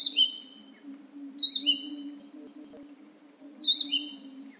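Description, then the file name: Crimson sunbird calling: a few shrill, sliding high chirps separated by pauses, with a continuous low hum in the background. "suara panggilan burung madu matari. omkicau"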